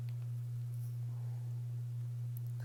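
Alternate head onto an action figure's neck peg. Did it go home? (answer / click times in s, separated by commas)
no / none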